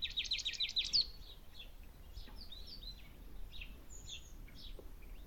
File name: Poecile palustris